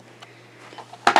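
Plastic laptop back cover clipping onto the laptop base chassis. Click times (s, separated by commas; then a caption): 1.1 s. The plastic back cover of a Dell Inspiron laptop, its edge widened slightly, is pressed back onto the laptop's base chassis. After a quiet stretch with a low steady hum and a faint tick near 0.2 s, a sharp loud snap at 1.1 s is followed closely by a second snap at 1.2 s as the cover clips into place. The cover is seated.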